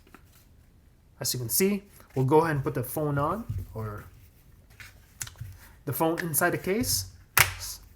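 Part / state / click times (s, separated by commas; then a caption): smartphone into protective case / seated / 7.4 s. A OnePlus 10T smartphone is pressed into its black protective case, a plastic or TPU shell, while someone talks. A loud, sharp snap is heard at 7.4 seconds as the phone seats fully in the case.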